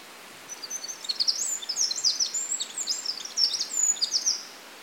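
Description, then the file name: Eurasian wren song: a rapid, tumbling run of very high, sharp trills and twittering notes lasting about four seconds, rising and falling in loudness, over a faint steady hiss. "Troglodytes troglodytes"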